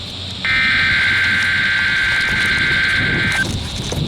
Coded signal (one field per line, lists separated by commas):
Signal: Emergency Alert System (SAME) tones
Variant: header bursts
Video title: Getting RWT's in the Freezing Weather (EAS Alerts: #306 - 308) - 1/26/22